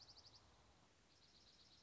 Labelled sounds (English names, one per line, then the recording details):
Dark-eyed Junco
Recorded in Sonoma County, California